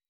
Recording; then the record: hydrophone in a shrimp aquaculture tank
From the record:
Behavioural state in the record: weakened